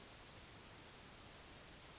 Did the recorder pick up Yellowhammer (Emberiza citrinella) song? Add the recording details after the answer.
yes. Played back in forest. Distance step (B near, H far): G. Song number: 135